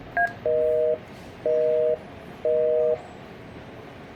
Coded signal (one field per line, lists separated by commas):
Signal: telephone call progress tone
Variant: North America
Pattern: busy tone